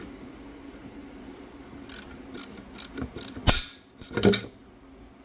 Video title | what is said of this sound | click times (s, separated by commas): frontier fb35 chainbrake walk through | in that little click you heard | 4.2 s, 4.3 s